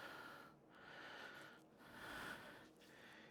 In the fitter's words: If they do snap, they definitely don't snap very easily, but it looks like it's just two screws.